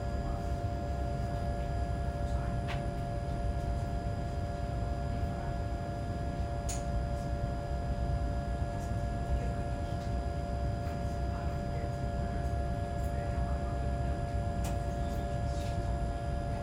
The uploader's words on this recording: With the CAT (City Airport Train), Vienna offers a rapid connection between city centre and airport. It’s relaxing and soothing with minor hums and clicks and not overcrowded. Recorded by Rebecca Goldberg.